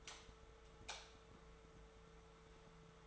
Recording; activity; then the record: daily activity, microphone in the room; light off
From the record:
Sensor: 3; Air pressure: 1014.5 hPa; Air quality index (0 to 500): 180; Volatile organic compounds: 18 ppm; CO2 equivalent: 2624 ppm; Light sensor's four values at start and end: 36/92/39/42 and 42/105/45/48